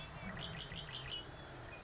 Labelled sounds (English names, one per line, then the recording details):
Red-winged Blackbird
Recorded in Sonoma County, California